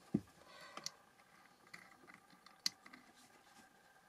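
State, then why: Not seated. A bit or attachment is being handled at a handheld engraving tool, with a low thump near the start and several small sharp clicks and taps at about 0.8 s, 0.9 s, 1.7 s and 2.7 s. The bit has not seated or clicked in yet.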